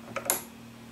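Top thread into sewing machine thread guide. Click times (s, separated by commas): 0.3 s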